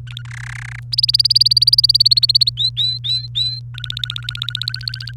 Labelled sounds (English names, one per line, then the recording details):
Domestic Canary song
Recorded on 29 April 2018 at 05:53
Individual llb3